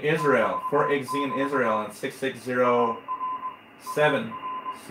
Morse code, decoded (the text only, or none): <BT><BT> AR AR